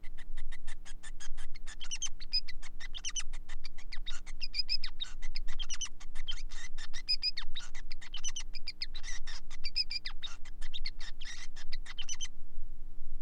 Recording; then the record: song of a male Bengalese finch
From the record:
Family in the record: son of father 5